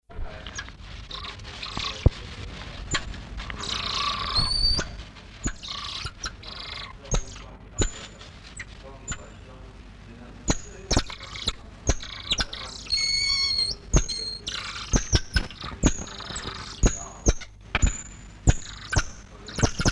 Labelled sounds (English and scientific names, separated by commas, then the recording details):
Golden Lion Tamarin (Leontopithecus rosalia) call
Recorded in captivity
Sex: male
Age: adult
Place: Tierpark Berlin, Berlin, DE
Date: 1963
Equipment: Englisches Reportergerät, Kopie BG 26/1
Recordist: Altmann, Dagmar